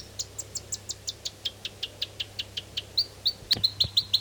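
South Island robin song: a long run of rapid repeated high notes, shifting pitch in phrases, with a low steady hum underneath.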